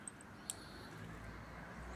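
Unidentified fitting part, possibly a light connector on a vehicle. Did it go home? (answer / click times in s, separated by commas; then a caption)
yes / 0.5 s. After one item doesn't fit and another is tried, a part is pressed into place and seats with a sharp, bright click at 0.5 s. Two fainter high ticks come just before it, at about 0.1 and 0.2 s, over a steady low background rumble. The part clicks into place and is seated.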